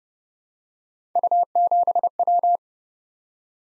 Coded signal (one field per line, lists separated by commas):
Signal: Morse code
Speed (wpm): 30 wpm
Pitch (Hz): 700 Hz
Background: none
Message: U7W